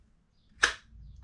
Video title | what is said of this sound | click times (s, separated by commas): Sord Fillet Knife Review #fishing #viral #review | Listen for the click. Ready? | 0.6 s